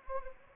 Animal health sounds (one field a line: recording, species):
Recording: mosquito wingbeat signal from an infrared sensor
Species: Anopheles arabiensis